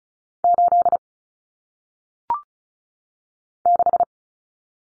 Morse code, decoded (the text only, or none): 8 6